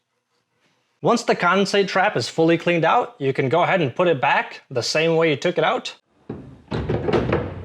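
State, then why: Not seated. Someone talks, then a cleaned plastic condensate trap is handled and pushed back toward its mounting bracket in a high-efficiency furnace, with rustling and a brief bump near the end. Nothing has seated yet; the trap's plastic retaining tabs have not snapped into place.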